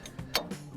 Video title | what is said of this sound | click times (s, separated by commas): You Won't Believe this Old Tractor! Let's put her to work! | there it is so it's installed this locking ring locks into place | 0.4 s